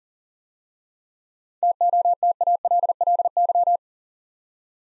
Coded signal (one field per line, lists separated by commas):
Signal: Morse code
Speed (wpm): 42 wpm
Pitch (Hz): 700 Hz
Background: none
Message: TOTALLY